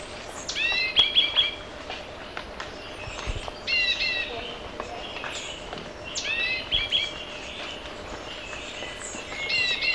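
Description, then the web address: Orange-bellied euphonia uttering short groups of nasal, harmonic notes, repeated every few seconds. Ecuador. "Natures Songs S America Birds of Ecuador. Orange-bellied Euphonia"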